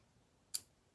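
A dot key tool is lined up on the small hole at the back of a jewelry foundation piece and pushed down, popping the snap-in decorative dot out of its setting. A single sharp tick is heard at 0.6 s, and the dot is released.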